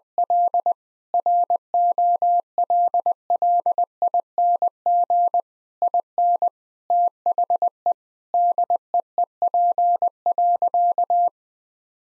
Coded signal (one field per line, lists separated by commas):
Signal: Morse code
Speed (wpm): 21 wpm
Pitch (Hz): 700 Hz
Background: none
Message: L ROLLING IN THE DEEP.